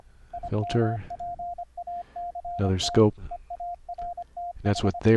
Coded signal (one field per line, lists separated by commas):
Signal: Morse code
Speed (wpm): 25 wpm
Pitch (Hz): 700 Hz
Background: speech, radio noise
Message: IMPACT EARTH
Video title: Morse Code QSO over the internet - software setup - config 14 - 3 reapers 3 virtual cables